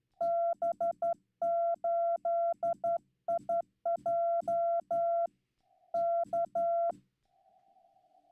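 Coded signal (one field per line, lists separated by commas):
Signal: Morse code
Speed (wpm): 12 wpm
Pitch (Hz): 680 Hz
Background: none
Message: B8IJ K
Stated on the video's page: Slow CW at around 15 wpm sent live on new straight keys, including a WWII key, during Straight Key Night, on a Yaesu FTdx10.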